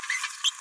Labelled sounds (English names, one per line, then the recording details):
Green-rumped Parrotlet babbling
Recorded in a nest box in Venezuela
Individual 18B17A4